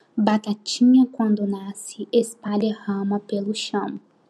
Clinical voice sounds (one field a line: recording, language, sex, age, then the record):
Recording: short text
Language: Brazilian Portuguese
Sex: female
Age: 20 to 29 years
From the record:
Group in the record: control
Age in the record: 29 years